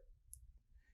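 A tipper foil cartridge is reinstalled in the tipper assembly of an ExpressCard 3000 card printer, with the foil threaded under the tipper/heater, and pressed firmly. A single sharp, bright click sounds at 0.3 s over a low background hum. The cartridge clicks into place and the tipper foil is successfully loaded.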